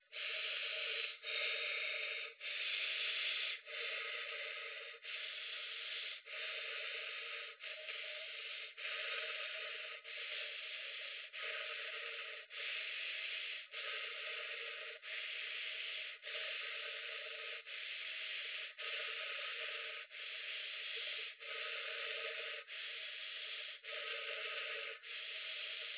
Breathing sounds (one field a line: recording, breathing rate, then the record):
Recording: paced breathing near a phone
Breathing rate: 24 breaths a minute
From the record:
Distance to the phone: 20 cm